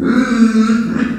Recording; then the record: squeal of a Yucatan mini pig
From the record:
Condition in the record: after surgery on the right vocal fold (resection and tissue-engineered implant); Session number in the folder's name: 7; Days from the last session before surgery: 47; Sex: female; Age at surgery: 19 weeks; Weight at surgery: 25 kg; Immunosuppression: prednisolone